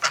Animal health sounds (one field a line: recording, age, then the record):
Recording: pig call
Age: piglet (1 to 25 days)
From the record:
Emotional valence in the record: positive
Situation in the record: before nursing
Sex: female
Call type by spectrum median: high-frequency call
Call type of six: low-frequency tonal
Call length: 0.11 s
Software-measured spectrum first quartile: 1433 Hz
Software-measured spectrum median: 2512 Hz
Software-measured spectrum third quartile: 4940 Hz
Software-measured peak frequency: 1363 Hz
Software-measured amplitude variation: 172 dB a second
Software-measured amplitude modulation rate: 4.5 a second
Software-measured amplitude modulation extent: 38.3 dB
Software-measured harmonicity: 1.9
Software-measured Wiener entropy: -1.42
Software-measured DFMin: 723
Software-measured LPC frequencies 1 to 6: 939, 1379, 2016, 2824, 4696, 5471 Hz